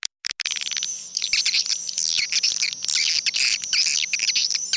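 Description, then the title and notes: Swiftlet calls opening with a few loud clicks, then a continuous dense chorus of high, thin twitters and chirps, with a faint low electrical hum. Swiftlet sounds used in swiftlet bird farming in Asia. "Swiflet Bird Sound. Farming Swiflet Bird asia sound"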